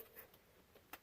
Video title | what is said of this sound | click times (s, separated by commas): ZR2 BROKEN! DURAMAX 2.8 CHECK ENGINE LIGHT - P1478 | make sure you plug your plug all the way into it clicks | 0.9 s